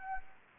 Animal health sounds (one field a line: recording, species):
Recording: mosquito wingbeat signal from an infrared sensor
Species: Anopheles gambiae